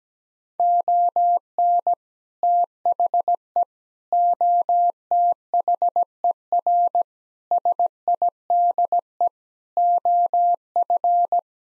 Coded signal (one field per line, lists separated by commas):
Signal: Morse code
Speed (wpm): 17 wpm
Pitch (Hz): 700 Hz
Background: none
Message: ON THE OTHER SIDE OF